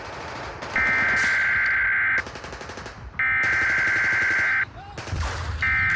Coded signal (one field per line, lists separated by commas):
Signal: Emergency Alert System (SAME) tones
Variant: header bursts